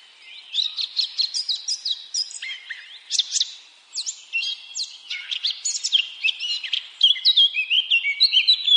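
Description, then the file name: Eurasian blackcap giving a rich, hurried warble of high twittering and whistled phrases, with a few short breaks before a louder run at the end. "Sylvia atricapilla"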